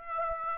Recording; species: mosquito wingbeat signal from an infrared sensor; Aedes aegypti